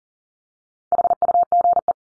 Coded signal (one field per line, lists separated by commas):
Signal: Morse code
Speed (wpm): 40 wpm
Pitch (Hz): 700 Hz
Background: none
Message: HUGE